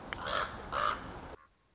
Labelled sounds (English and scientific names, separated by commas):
Common Raven (Corvus corax)